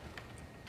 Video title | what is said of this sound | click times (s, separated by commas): Pushchair Expert Live - Peg Perego Ypsi | pull everything up and you locked into place so you now for instance have a nice carry | 0.2 s